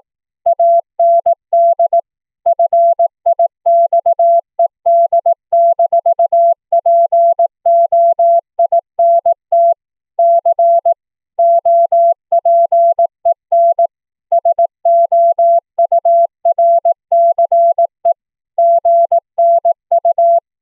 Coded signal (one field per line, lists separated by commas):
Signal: Morse code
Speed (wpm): 18 wpm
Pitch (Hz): 680 Hz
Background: none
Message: AND FIXED-POINT C OPEN SOURCE GNU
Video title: Morse Code audio QSO over the internet - using the BroadVoice Audio Codec "BV16" on Linphone